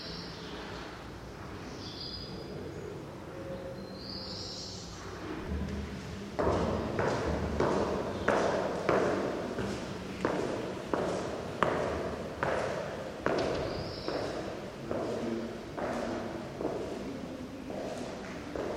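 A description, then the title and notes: Footsteps echo through a stone church, starting after about six seconds and continuing at an even walking pace, each step a dull thud with a short ring in the hall. Before and between them, faint birds chirp from outside over a low, steady hum. Footsteps in troglodyte Church Baux de Provence. The very old Roman and Gothic style church St Vincent is also made in rock many centuries ago. The recording captures footsteps and some birds you can still hear as the old wooden door stays open. Recorded by Antonius Driessens.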